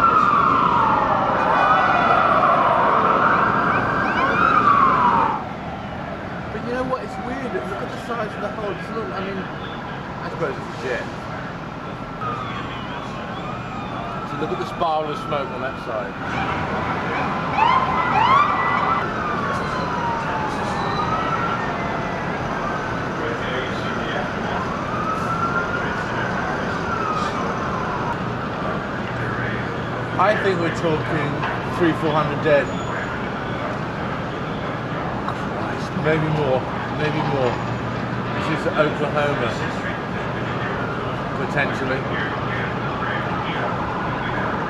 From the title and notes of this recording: September 11, 2001, World Trade Center terrorist attacks ws of lower Manhattan street, emergency vehicle alarms heard, police cars with emergency lights flashing and sirens blasting racing down street.